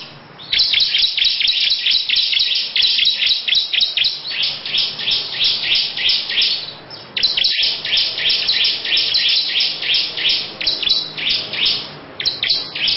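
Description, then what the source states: Lovebird chattering song: long runs of rapid, harsh, downward-slurred chirps in fast succession, broken by a brief pause near seven seconds. Long ngekek chattering song.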